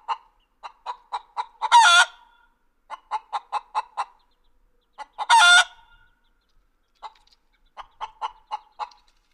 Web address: chickens